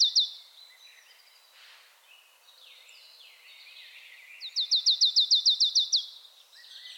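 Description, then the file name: Marsh tit call: two sharp high notes at the start, then a quick run of about ten sharp, high, down-slurred notes near the end, with softer scattered chirps throughout. "Poecile palustris"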